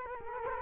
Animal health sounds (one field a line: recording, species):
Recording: mosquito wingbeat signal from an infrared sensor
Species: Culex quinquefasciatus